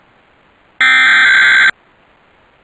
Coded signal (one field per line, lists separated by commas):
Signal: Emergency Alert System (SAME) tones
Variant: header bursts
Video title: (EAS #16) Suddenlink - Ohio's Required Monthly Test (5/11/2022)